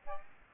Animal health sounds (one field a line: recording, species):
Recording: mosquito wingbeat signal from an infrared sensor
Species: Aedes aegypti